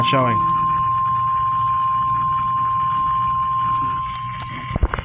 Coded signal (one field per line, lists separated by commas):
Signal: Emergency Alert System (SAME) tones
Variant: 1050 Hz attention tone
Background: speech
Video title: Moderately Crazy. | EAS Alerts From 5/19/24 | EAS #614-625